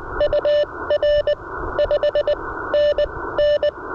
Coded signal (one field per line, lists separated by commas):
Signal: Morse code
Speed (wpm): 19 wpm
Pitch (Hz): 590 Hz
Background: none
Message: UR 5NN